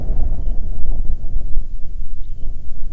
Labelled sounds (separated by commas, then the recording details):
bird, wind
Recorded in the Arctic National Wildlife Refuge, Alaska, on 9 July 2019 at 21:51
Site 48